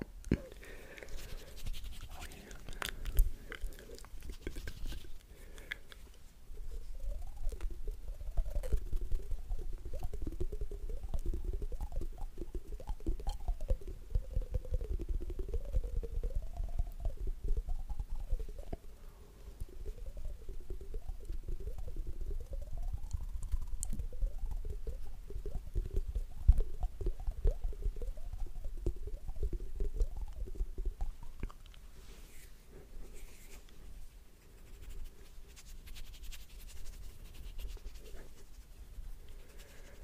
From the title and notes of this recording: ASMR Mouth Sounds.